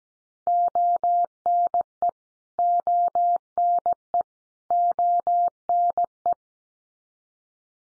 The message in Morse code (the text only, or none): ONE ONE ONE